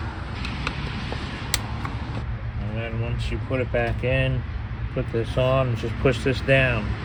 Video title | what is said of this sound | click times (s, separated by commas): VLS Oil Pressure Gauge -- 2022 (VB) WRX | You just pull them up and you hear it click. | 0.7 s, 1.5 s